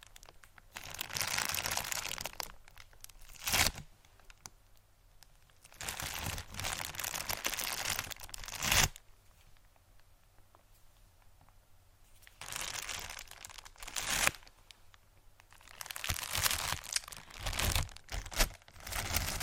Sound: Squishy Package Whispered & Crinkles